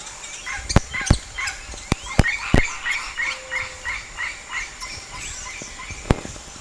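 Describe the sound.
Bird calls: a run of short, harsh, rhythmic notes in the middle, broken by loud sharp knocks and clicks scattered across the recording.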